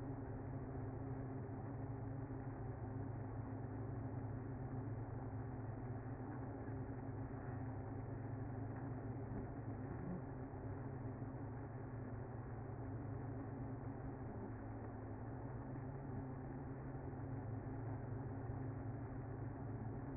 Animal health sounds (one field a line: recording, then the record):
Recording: honeybee colony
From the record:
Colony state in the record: active